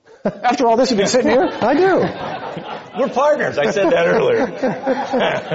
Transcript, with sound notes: After all this you've been sitting here?
I do.
[Laughter]
We're partners. I said that earlier.